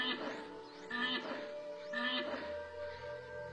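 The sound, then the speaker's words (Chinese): Two short, bright squealing calls of a West African black rhinoceros, an animal extinct since 2011, each opening with a rising sweep and carrying strong harmonic overtones, stand out over a steady low hum in a brief animal recording. “南极狼于1875年灭绝，卡罗莱纳鹦鹉于1918年灭绝，比利牛斯山羊于2000年灭绝，西非黑犀牛于2011年灭绝。”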